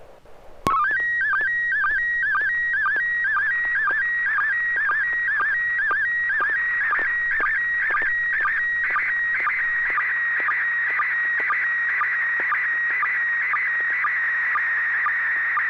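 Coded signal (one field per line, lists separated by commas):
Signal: SSTV (slow-scan television)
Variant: PD 120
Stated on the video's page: SSTV net on an FM repeater on 441.300 MHz in Sacramento, sent with MMSSTV software.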